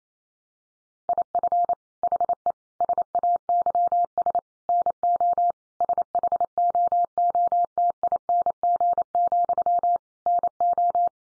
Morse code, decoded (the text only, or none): IF HE SAYS NO SHOOTING, NO